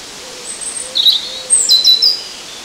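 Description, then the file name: European robin song, a short phrase of very high thin whistles and quick twittering notes, with faint low sounds and steady background hiss. "Erithacus rubecula"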